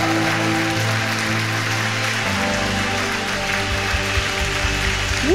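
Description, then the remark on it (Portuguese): An audience applauds for Jesus steadily for several seconds, a dense wash of clapping over sustained, held musical tones that shift partway through, with a rising tone near the end. “Quem pode dar mais uma salva de palmas para Jesus?”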